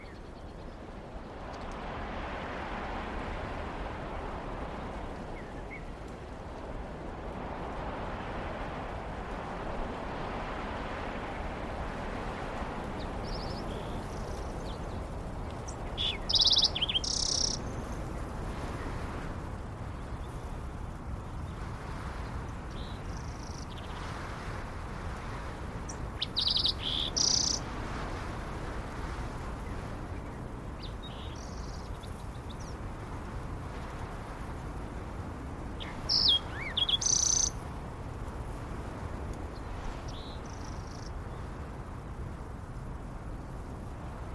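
A steady, low outdoor rumble fills the whole recording, like passing traffic or wind, with a soft hiss above it. Bright bursts of bird chirping stand out three times, around 16, 27 and 36 seconds, each lasting a second or two.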